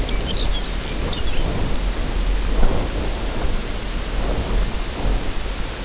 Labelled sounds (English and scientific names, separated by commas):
Lapland Longspur (Calcarius lapponicus)